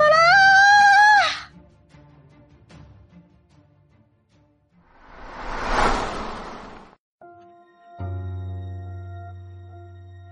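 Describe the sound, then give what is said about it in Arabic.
A woman lets out a loud, high-pitched scream that rises slightly, lasts over a second and echoes through a locked room, followed after a pause by a rushing whoosh and then a steady low hum. “مددت يدي إلى المقبض لأفتحه حين سمعت صرخة ناهد تتردد في أرجاء الغرفة الموصدة.”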